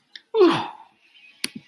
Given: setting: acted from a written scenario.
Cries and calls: vocal sound without words; elation

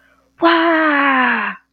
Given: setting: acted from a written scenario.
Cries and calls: vocal sound without words; awe

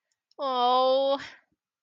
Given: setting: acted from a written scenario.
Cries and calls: vocal sound without words; adoration

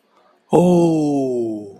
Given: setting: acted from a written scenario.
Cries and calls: vocal sound without words; desire

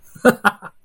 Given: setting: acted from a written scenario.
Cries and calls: vocal sound without words; positive surprise

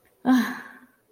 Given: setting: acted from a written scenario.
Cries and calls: vocal sound without words; relief

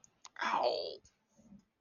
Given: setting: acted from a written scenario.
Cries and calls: vocal sound without words; pain

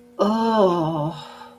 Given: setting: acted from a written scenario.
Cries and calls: vocal sound without words; desire

